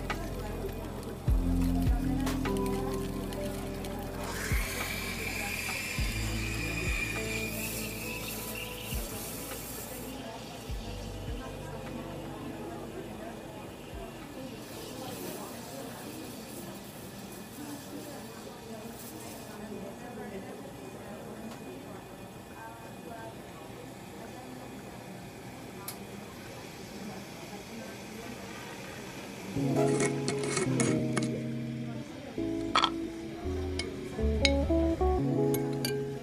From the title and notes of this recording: Coffee shop ambience | cozy cafe. เสียงบรรยากาศสบายๆ ในร้านกาแฟ.